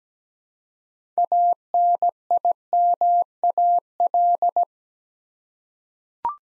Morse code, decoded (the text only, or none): ANIMAL